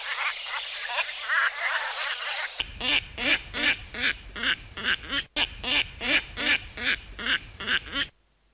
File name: cuervillo de canada cantando sonido para llamar